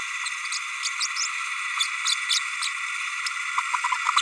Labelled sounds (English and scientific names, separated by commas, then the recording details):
Green-rumped Parrotlet (Forpus passerinus) babbling
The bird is a female
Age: 32 days
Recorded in a nest box in Venezuela
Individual 17B32A7